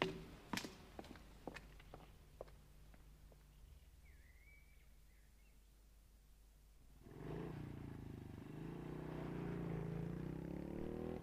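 A handful of sharp, spaced knocks give way to a motorcycle engine that swells in and keeps droning loudly, its pitch wavering as it rides past, with no voices. The motorcycle is ridden by a boy.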